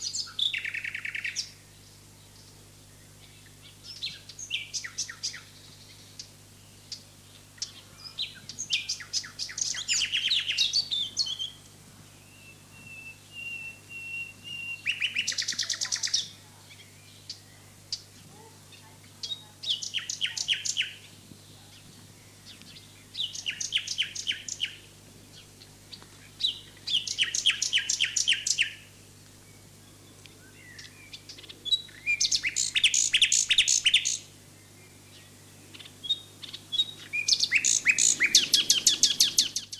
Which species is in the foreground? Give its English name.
Common Nightingale